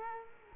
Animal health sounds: mosquito wingbeat signal from an infrared sensor; Culex quinquefasciatus

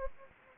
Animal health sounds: mosquito wingbeat signal from an infrared sensor; Anopheles gambiae

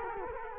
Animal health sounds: mosquito wingbeat signal from an infrared sensor; Culex quinquefasciatus

